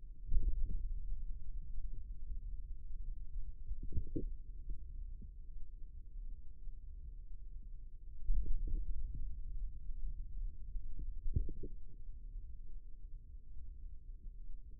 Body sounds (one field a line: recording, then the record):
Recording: forearm muscle sounds (acoustic myography)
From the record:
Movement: ulnar deviation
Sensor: system 2, bracelet of six BSWA MPA416 microphones around the upper forearm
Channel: 4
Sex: male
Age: 22 years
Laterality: right